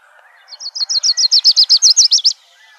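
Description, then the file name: Lucy's Warbler song: a quick, loud series of many high, chipping slurred notes, delivered evenly. Recorded 2 May 2005. "LUWA 4 deviche"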